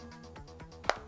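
While a ZTE Axon 7 phone is reassembled after a power button repair, its plastic housing parts are pressed together into the phone frame so the clips engage. A few soft taps come first, then one sharp, loud snap at 0.9 s as the housing clips seat home.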